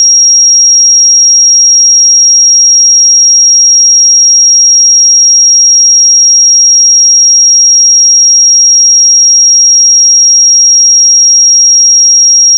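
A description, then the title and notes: A pure sine tone at 5619 Hz holds steady for the whole length, a thin, piercing high whistle with no change in pitch or loudness. Nothing else is heard: no background noise, no breaks, no other sounds. 5619 Hz 1 Hz Interval Sine Pure Tone Frequency 441000 Sample Mono.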